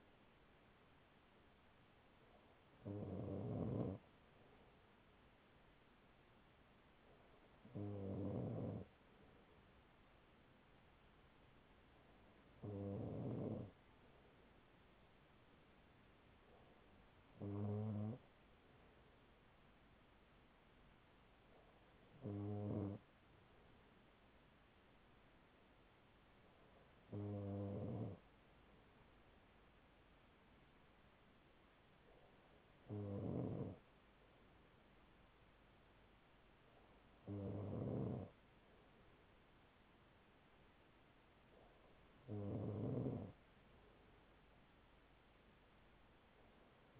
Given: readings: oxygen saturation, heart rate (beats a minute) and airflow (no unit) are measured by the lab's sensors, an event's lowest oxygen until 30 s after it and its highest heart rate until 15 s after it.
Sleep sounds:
breathing in sleep by a voice recorder at the bedside; none
none scored
From the record:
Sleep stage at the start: N2 (light sleep); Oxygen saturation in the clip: 95 to 96%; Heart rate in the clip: 39 to 44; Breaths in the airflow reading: 9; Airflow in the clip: -5.3 to 4.4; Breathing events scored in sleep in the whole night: 207 in 7.6 hours asleep

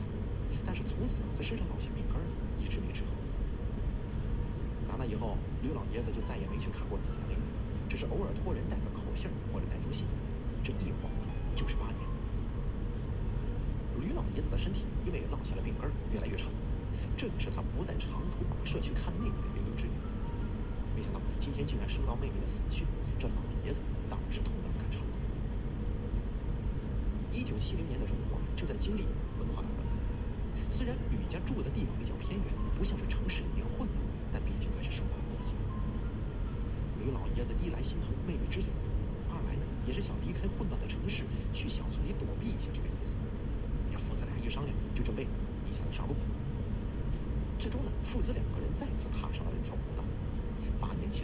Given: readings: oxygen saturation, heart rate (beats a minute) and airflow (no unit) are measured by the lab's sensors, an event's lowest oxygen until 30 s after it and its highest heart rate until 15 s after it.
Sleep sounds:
a person awake in a sleep study, by a smartphone at the bedside; none
0.00-51.24 s: awake
From the record:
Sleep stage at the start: awake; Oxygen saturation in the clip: 94%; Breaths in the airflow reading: 16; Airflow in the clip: -1.3 to 2.3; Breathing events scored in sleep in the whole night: 335 in 6.7 hours asleep

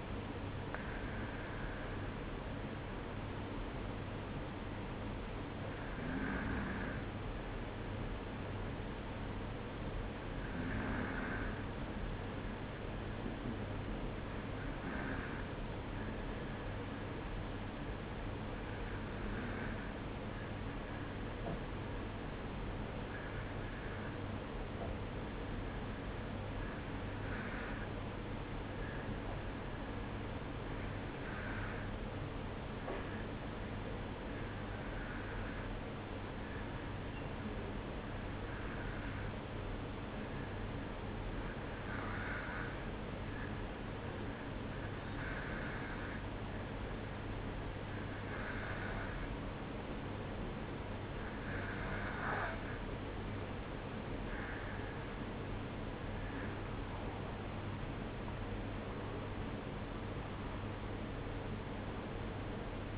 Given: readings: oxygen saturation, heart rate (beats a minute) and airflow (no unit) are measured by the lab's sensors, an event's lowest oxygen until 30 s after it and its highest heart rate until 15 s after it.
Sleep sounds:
breathing in sleep by a voice recorder at the bedside; 1
15.00-55.00 s: hypopnea (N2, oxygen 95% highest, then 93% lowest, heart rate 53 at the start, 61 highest)
From the record:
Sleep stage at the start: N2 (light sleep); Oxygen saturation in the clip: 93 to 95%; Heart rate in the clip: 52 to 61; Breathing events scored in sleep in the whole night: 305 in 9.6 hours asleep

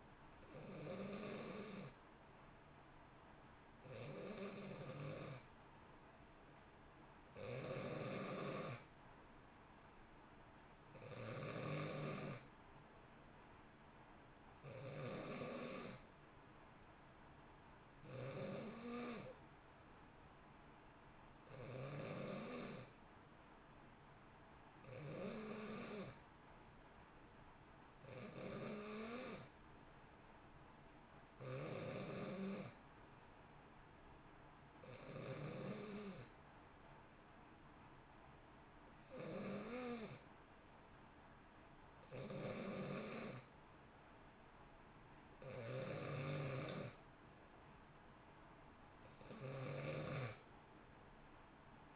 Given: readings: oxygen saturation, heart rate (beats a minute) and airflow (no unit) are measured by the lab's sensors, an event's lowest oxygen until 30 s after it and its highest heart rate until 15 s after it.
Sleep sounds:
breathing in sleep by a voice recorder at the bedside; none
32.00-51.96 s: new sleep stage, N3 (deep sleep)
From the record:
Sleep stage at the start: N2 (light sleep); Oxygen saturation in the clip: 89 to 91%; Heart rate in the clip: 60 to 64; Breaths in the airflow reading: 15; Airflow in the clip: -1.0 to 1.3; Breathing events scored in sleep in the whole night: 328 in 6.3 hours asleep

